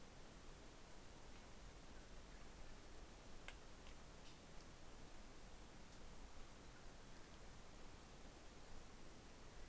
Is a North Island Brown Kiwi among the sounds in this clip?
no